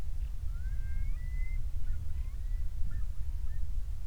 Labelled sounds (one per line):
songbird
loon